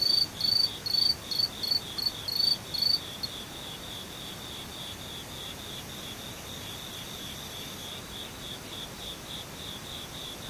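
Insects chirp in a fast, regular pulsing trill, with a louder, brighter caller nearby for the first three seconds, then a steady fainter chorus.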